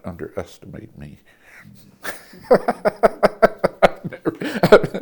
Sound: laughter